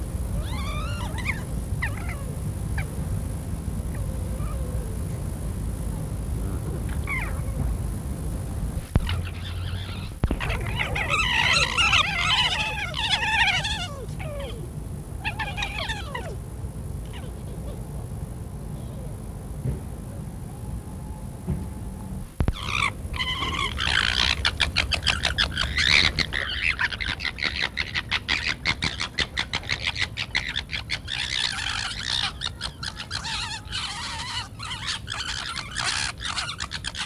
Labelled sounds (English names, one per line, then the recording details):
Corsac Fox
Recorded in captivity
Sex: group
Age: subadult
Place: Tierpark Berlin, Berlin, DE
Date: 1962-09-03 19:30
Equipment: Minifon, Kopie Smaragd
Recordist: Tembrock, Günter
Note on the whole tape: Diesjährige Jungtiere (schon annähernd ausgewachsen - geboren am 27.03.1962): Laute bei Begegnung, Drohliegen, Drohwälzen, Aufstellen, Pfotenheben, Hinterteilzukehren, Schwanzwurzelfassen. Keckern (hell/dunkel), Drohwinseln, Knätschen u.ä. Lautformen. Abstand ca. 1-2 m